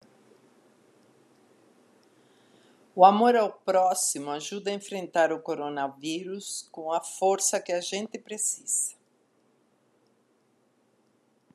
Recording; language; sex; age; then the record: spoken sentence; Brazilian Portuguese; female; 60 to 69 years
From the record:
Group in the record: control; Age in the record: 62 years